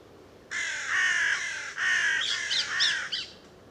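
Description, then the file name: Carrion crow calling with long, drawn-out, grating caws, two extended ones followed by shorter, broken hoarse notes. "Corvus corone"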